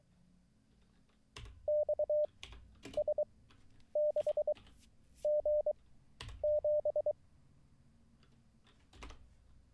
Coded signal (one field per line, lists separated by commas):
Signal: Morse code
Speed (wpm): 23 wpm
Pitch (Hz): 600 Hz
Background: none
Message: XS6G7